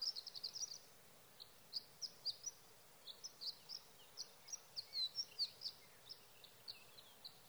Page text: Birdsong for the Curious Naturalist: Sage thrasher songs, through the night. from the evening of June 12 to the morning of June 15, 2018, in Sierra Valley, California